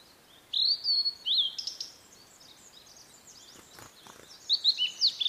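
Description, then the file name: Blue-and-white flycatcher song: a short whistled phrase early on, a pause with a few faint clicks, then another bright, slurred phrase at the end. "oruri"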